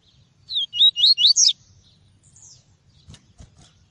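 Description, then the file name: Double-collared seedeater singing a quick phrase of five or six high, sweet, warbled notes that rise and fall, followed by a faint slurred note and a few soft clicks. "Tui-tui" song variety. "canto do papa capim tui tui"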